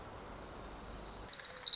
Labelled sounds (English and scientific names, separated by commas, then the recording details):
Pacific Wren (Troglodytes pacificus)
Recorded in Sonoma County, California